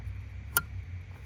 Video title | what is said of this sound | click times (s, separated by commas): HPTuners Smart Access Bypass Cable Install & Location - 6.4 5.7 Hemi Hellcat 2018 + -- HOW TO | you'll hear it click so there it is and this can just hang loose in there | 0.6 s